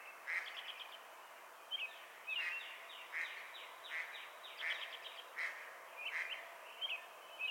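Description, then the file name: Song sparrow giving a series of short, bright chirped notes over steady background hiss. "Melospiza melodia - Song Sparrow"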